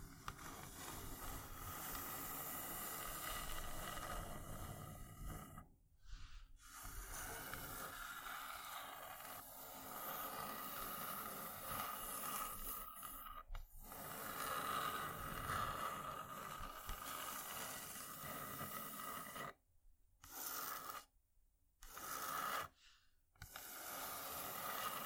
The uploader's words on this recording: ASMR Wooden Triggers 1hour（No Talking）.